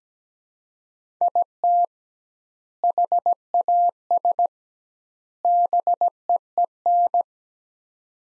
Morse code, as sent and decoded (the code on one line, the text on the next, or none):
.. - / .... .- ... / -... . . -.
IT HAS BEEN